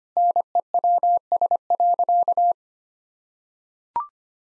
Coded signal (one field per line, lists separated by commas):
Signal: Morse code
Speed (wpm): 25 wpm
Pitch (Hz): 700 Hz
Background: none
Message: NEWS.